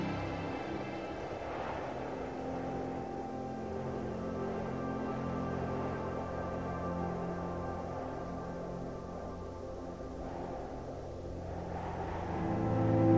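Wind sweeps steadily through a snowy forest while soft ambient music holds long, sustained tones underneath. A low, constant rumble runs throughout, with gentle gusts swelling around two and ten seconds. Near the end the sound grows louder.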